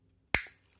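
The hinged ankle pivot of a plastic Megatron Transformers Siege War for Cybertron Voyager Class action figure is pushed back into the foot until it locks. A single sharp, loud snap sounds at 0.3 s and quickly decays, followed by a faint tick near 0.7 s. The ankle pivot is seated and locked back in place.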